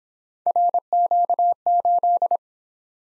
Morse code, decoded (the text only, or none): RQ8